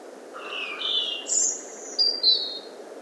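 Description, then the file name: European robin song phrase of thin, varied whistles that start low, leap high and end in separate sliding notes, all within three seconds. "Erithacus rubecula"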